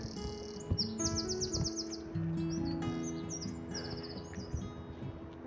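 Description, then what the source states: Common Chaffinch song: two fast runs of high repeated notes, with low steady background hum. Male singing early in the morning, described as a first greeting to the day, in the El Madroñal area.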